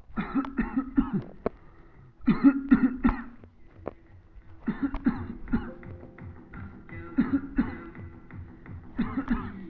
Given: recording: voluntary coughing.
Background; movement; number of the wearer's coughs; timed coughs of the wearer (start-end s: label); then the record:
music; sitting; 13
0.15-0.56 s: cough
0.56-0.95 s: cough
0.95-1.29 s: cough
2.25-2.68 s: cough
2.68-3.02 s: cough
3.02-3.45 s: cough
4.65-5.03 s: cough
5.03-5.47 s: cough
5.51-5.82 s: cough
7.16-7.55 s: cough
7.55-7.93 s: cough
8.97-9.28 s: cough
9.28-9.57 s: cough
From the record:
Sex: male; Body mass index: 21.0 kg/m2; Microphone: on the chest, facing the body